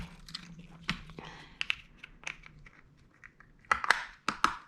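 Small plastic decorative cover caps are pressed by hand over the back-bar pins of a Hauck Citi Neo II pushchair, just to cover up the pins. After some quiet handling and rustling, each cap pops into place with a sharp click at 3.7 s and 4.3 s. Both caps are seated on their pins.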